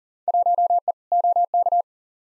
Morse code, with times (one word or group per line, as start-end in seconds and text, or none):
0.3-0.9 1E
1.1-1.8 OK